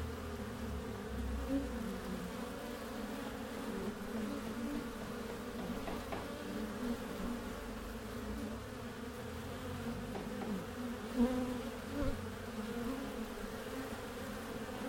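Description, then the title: Honey bee humming in a thick, wavering drone with faint low rumbling underneath and a couple of louder buzzes late. Backyard garden beehive, hive entrance recorded from the top; warm spring day, Mission district, San Francisco, 2009; microphone pairs at the entrance. "Tree's Bees"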